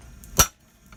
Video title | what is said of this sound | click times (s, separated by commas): Parts Replacer 01 Jeep Cherokee Axle U joint | and see I'll just popped out now | 0.4 s